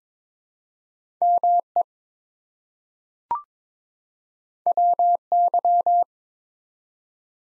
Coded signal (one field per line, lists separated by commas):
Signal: Morse code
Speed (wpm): 22 wpm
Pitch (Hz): 700 Hz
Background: none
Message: ME WY